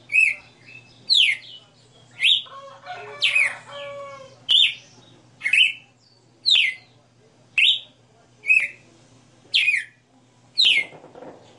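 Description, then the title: Red-cowled cardinal singing crisp descending whistles about one a second, with a short spell of lower warbled notes early and a faint hiss near the end. Female red-cowled cardinal singing live; song style called 60 notas (sixty notes). "Canto Galo Campina Fêmea 02. Galo de Campina 60 NOTAS Cantando Ao vivo"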